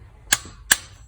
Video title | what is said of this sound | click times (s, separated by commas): How to change Spark Plugs on 2015 6.4L Hemi SRT | I've got my socket system and I'm just cranked until I hear the click and there's the click and so now I know that I've got that in there at the proper torque | 0.3 s